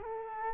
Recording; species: mosquito wingbeat signal from an infrared sensor; Culex quinquefasciatus